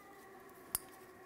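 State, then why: Seated. A wiring harness electrical connector is pushed onto a new crankshaft position sensor for a 2009-2019 Ford Flex before the sensor is installed. Against a low steady hum, one sharp, loud click sounds at 0.75 s as the connector seats, making it secure so it won't cause a check engine light.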